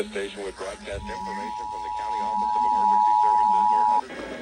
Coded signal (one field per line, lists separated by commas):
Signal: Emergency Alert System (SAME) tones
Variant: 853 and 960 Hz attention tone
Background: speech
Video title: To Start off December… (San Luis Obispo County Monthly EAS Test) (12/1/22) (EAS #562-580)